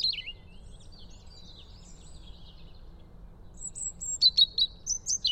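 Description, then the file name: European robin singing; soft, faint warbling fills the middle, then a bright burst of high, sharp repeated notes near the end. "Erithacus rubecula"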